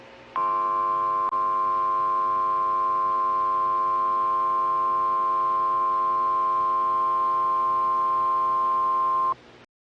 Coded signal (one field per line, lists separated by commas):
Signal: Emergency Alert System (SAME) tones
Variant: 1050 Hz attention tone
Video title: Dust Bowl in LA EAS scenario ￼